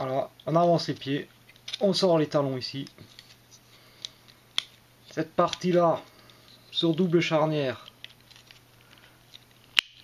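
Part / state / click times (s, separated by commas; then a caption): hinged plastic part clipping into the back of a transforming robot figure / seated / 9.8 s. Someone talks while transforming a plastic Transformers Titans Return Scourge & Fracas action figure, folding a leg part on a double hinge round toward the back, with a few small plastic taps along the way. At 9.8 s a sharp click is heard as the hinged part seats, clipping into place at the back of the figure.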